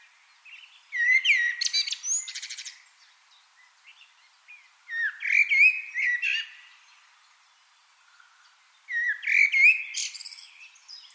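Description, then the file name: Eurasian wren song in three bursts about four seconds apart, each a rapid jumble of high, sharp notes and short twittering phrases, quiet in between. "Troglodytes troglodytes"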